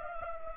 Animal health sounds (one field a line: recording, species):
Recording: mosquito wingbeat signal from an infrared sensor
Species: Anopheles gambiae